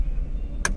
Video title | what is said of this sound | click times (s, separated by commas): 현대 코나 자세히 살펴보기 Hyundai KONA design review | 딸깍 하고 되는데 이렇게 딸깍 되게 되면은이 송풍구가 아 막혀서 바람이 안 나옵니다 | 0.7 s